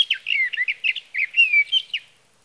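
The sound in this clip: Sage thrasher warbling song: a hurried run of slurred, tumbling notes and whistled slides that lasts about two seconds, then fades out.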